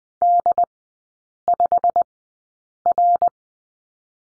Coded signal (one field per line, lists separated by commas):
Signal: Morse code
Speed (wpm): 20 wpm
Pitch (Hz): 700 Hz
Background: none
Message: D5R